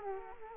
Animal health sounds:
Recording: mosquito wingbeat signal from an infrared sensor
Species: Aedes aegypti

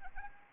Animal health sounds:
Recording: mosquito wingbeat signal from an infrared sensor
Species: Anopheles arabiensis

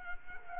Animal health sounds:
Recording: mosquito wingbeat signal from an infrared sensor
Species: Culex quinquefasciatus

